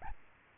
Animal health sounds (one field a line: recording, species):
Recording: mosquito wingbeat signal from an infrared sensor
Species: Aedes albopictus